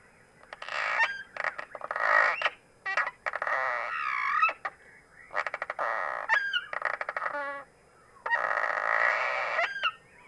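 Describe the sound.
Cliff swallow song: long stretches of harsh, buzzy creaking broken by squeaks and rapid clicking stutters, starting and stopping in uneven bursts.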